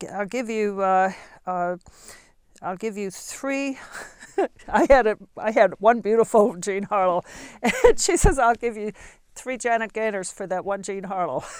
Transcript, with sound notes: give you, I'll give you three (she laughs) I had one beautiful Jean Harlow, and she says, "I'll give you three Janet Gaynor's for that one Jean Harlow."